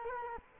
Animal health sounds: mosquito wingbeat signal from an infrared sensor; Culex quinquefasciatus

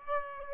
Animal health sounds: mosquito wingbeat signal from an infrared sensor; Aedes aegypti

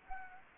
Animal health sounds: mosquito wingbeat signal from an infrared sensor; Anopheles gambiae

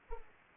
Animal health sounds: mosquito wingbeat signal from an infrared sensor; Aedes aegypti

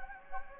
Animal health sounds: mosquito wingbeat signal from an infrared sensor; Anopheles gambiae

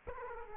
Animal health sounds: mosquito wingbeat signal from an infrared sensor; Aedes aegypti

